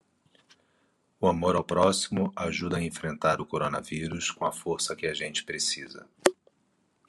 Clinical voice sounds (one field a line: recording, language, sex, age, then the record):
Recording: spoken sentence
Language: Brazilian Portuguese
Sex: male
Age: 40 to 49 years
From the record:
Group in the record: control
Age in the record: 46 years